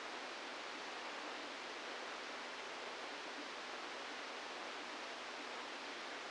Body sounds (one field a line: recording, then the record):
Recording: brain microelectrode recording played as sound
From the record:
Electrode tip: outside the subthalamic nucleus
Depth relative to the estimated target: 2 mm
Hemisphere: left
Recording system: NeuroSet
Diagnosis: Parkinson's disease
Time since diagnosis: 17 years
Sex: male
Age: 64 years